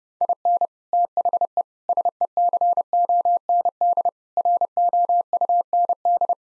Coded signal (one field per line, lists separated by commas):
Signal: Morse code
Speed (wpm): 30 wpm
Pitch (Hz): 700 Hz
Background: none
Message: IN THE SECOND ROUND